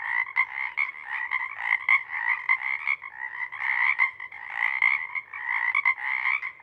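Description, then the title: Pacific chorus frog chorus, thick overlapping croaking that swells and dips, numerous frogs calling rapidly together. Pond chorus in pre-morning twilight as the late night wanes; the full chorus waxes and wanes in successive waves that circle the pond. "Chorus Frogs, Chorus Waxes and Wanes, pre-morning-twilight"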